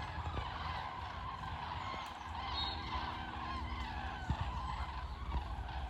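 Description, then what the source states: Cranes giving flight calls: a dense, steady chorus of overlapping rolling, trumpeting notes from many birds, over a constant low rumble. Migrating cranes in flight, calling loudly while moving across the sky, sometimes in formation and sometimes dispersed.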